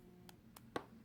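A plastic stylus pen is pushed back into its slot in the body of a Samsung Galaxy Note 5 smartphone. Two faint ticks at about 0.3 and 0.6 seconds lead to a louder, sharper click at 0.8 seconds as the pen latches and seats in place.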